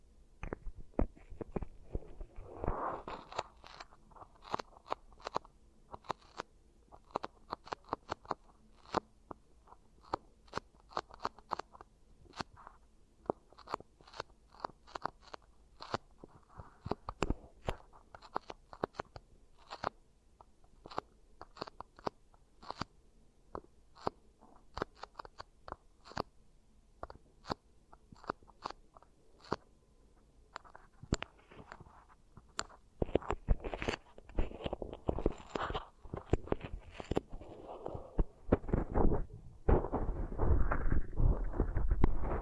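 Beeswax ear triggers: soft sticky crackles and crunchy taps come in quick, irregular bursts throughout. The sounds are bright and clicky, thinning out briefly around the middle, then growing denser and louder with smeared squishing near 35 and 40 seconds.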